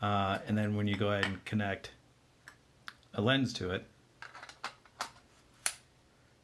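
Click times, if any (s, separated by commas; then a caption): 5.7 s. Someone talks as a camera lens is twisted onto the bayonet mount of a Viltrox EF-EOS M2 speed booster lens adapter, with a series of small mechanical ticks and scrapes as it turns. The metal lock pin latches with a sharp click at 5.7 s, seating the lens in a good connection.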